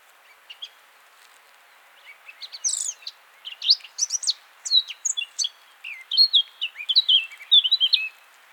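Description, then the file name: Eurasian blackcap singing a rich, fast warble that builds from scattered chirps into dense, varied twittering phrases with some clearer whistled notes near the end. "Sylvia atricapilla"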